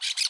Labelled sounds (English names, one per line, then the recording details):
Brown-throated Parakeet contact call
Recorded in Aruba
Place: hill w/tanki N of Savaneta
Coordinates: 12.461, -69.944